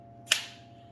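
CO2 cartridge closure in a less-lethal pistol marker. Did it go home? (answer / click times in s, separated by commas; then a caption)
yes / 0.3 s. With the safety engaged, the CO2 cartridge closure on a less-lethal pistol marker is gassed up again, and a loud, sharp click lands at 0.3 s over a faint steady hum. The CO2 loading clicks home and is seated.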